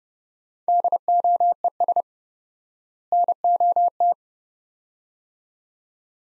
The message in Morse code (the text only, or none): DOES NOT